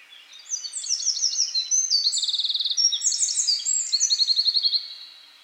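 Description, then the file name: Eurasian wren delivering one vigorous high song of rattling trills and quick tinkling notes, running roughly four seconds before fading. "Troglodytes troglodytes"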